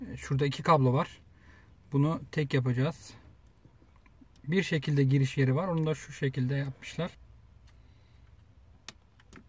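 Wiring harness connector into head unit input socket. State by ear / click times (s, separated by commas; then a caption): seated / 8.9 s. Someone talks while a plastic wiring harness connector is pushed into the input socket of an RCD 330 multimedia head unit from Aliexpress during installation in a Golf 7, converting the harness from dual to single channel. A sharp click is heard at 8.9 s, followed by a few faint ticks, and the connector is seated.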